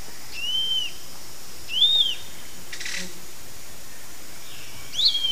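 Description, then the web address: Yellow-margined flycatcher song: thin, slurred whistled notes, each arching up then down, given singly with long gaps, plus one brief rustling burst midway over steady low hum. Song recorded in the eastern lowlands of South America. "Natures Songs S America Eastern Lowlands Tolmomyias assimilis, song"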